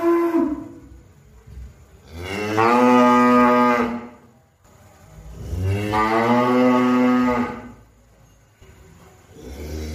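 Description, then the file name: Cow calling with two sustained, droning moos, plus softer bits of lowing at either end. "suara sapi"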